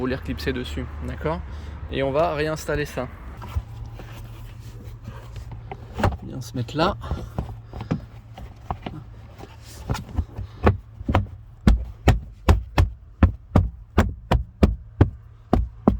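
After the cabin filter is reinstalled, a plastic interior trim panel is put back into the car's dashboard/footwell clips and knocked by hand to engage them. Someone talks over some handling noise at first, then a steady series of sharp knocks builds from about 10.7 s to the end. The clips have not seated or clicked yet.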